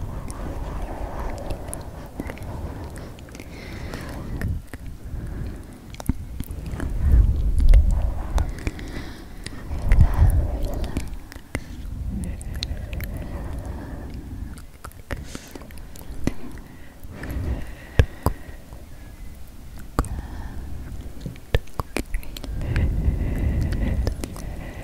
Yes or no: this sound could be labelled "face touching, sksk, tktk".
yes